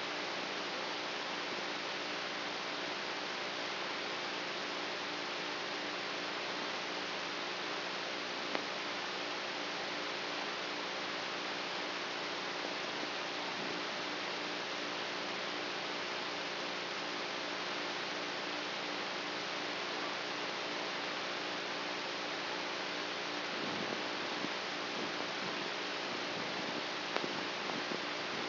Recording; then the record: brain microelectrode recording played as sound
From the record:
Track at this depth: inside the subthalamic nucleus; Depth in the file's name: 1.805 mm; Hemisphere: right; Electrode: 3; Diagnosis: Parkinson's disease